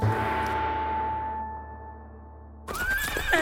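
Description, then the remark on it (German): A horse that refuses to go any further neighs loudly in a shrill, wavering whinny that bursts in after a stretch of low steady hum and a faint sustained tone. “Gaul will nicht weiter.”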